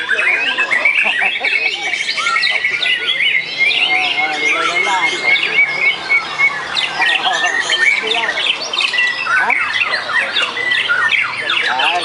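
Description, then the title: White-rumped shama song, busy and varied, with many chirps and trills. Wild bird singing its natural song in forest. "Kicau Asli Murai Batu Hutan"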